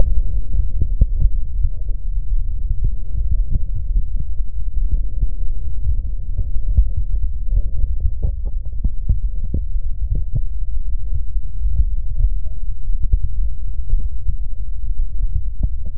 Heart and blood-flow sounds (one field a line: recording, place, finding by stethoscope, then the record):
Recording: heart sounds by stethoscope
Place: pulmonary valve (PV)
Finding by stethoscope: normal heart sounds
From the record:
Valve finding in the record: normal valve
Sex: female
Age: 40 years